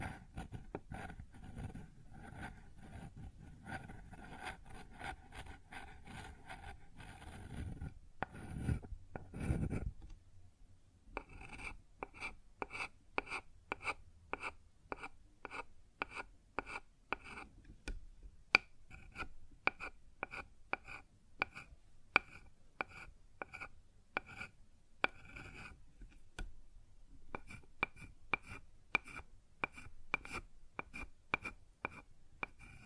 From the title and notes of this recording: ASMR Sounds on Wooden Surface (No Talking).